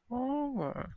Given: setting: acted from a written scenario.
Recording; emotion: vocal sound without words; realization